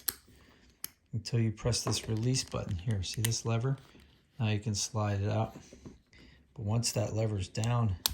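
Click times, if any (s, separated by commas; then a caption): none. A ratchet belt buckle with a carbon-fiber-look face is handled on its belt strap, with its release button and lever, while someone talks. Two short, sharp clicks are heard near 0.1 s and 0.8 s. The lever has not yet been pressed down to lock onto the strap, and nothing has clicked into place yet.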